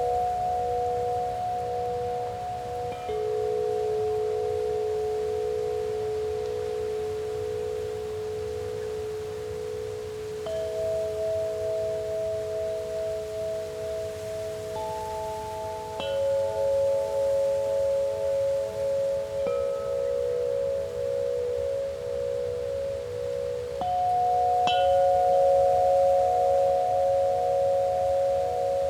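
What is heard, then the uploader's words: Wind chimes ring in sustained, overlapping tones that hang and blend, with new strikes around 3, 10, 15, 16 and 24 seconds shifting the chord. A soft, steady breeze hisses and rumbles low underneath, and the chimes swell louder toward the end. Open: Wind Chimes. The spacious sounds of wind chimes and soft breeze.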